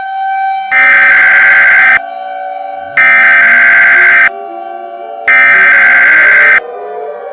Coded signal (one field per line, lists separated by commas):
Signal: Emergency Alert System (SAME) tones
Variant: header bursts